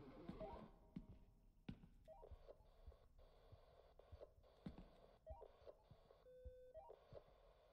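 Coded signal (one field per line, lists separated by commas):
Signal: none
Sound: game interface beeps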